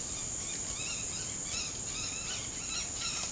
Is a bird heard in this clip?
yes